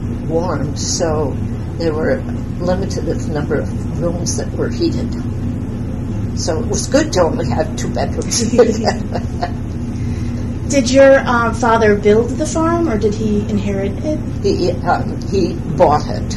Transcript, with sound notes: warm, so there were a limited number of rooms that were heated. So it was good to only have two bedrooms. [laughs]
Did your father build the farm or did he inherit it?
He bought it.